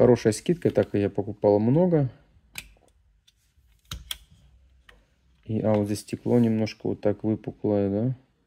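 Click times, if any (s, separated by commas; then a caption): none. Someone talks while handling a 1:43 diecast model car whose clear plastic window glazing bulges slightly out of the body. Between about 2.6 and 4.9 s, sharp short ticks and light handling noises are heard, and then the talking resumes. Nothing has seated or clicked into place yet.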